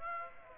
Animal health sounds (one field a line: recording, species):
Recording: mosquito wingbeat signal from an infrared sensor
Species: Aedes aegypti